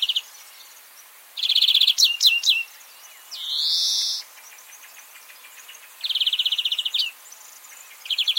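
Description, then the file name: European greenfinch song mixing rapid trilled bursts, sharp twitters and one long drawn-out wheezing note, with brief pauses between phrases. "Chloris chloris"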